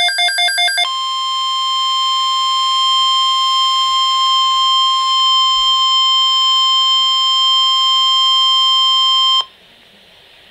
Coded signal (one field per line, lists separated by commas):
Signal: Emergency Alert System (SAME) tones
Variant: 1050 Hz attention tone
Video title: Severe T-Storm Watch #483 [EAS #65] 7-9-12